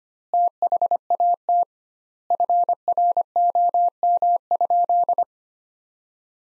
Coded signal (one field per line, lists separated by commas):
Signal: Morse code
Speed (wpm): 25 wpm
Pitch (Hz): 700 Hz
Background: none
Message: THAT FROM?